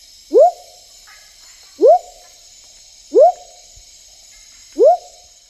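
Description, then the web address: Smoky jungle frog giving short rising whoop notes, each a quick upward sweep, repeated about every one and a half seconds over a steady high hum. Recorded in the Ecuadorian Amazon. "Natures Songs. Frogs of Ecuadorian Amazon Leptodactylus pentadactylus"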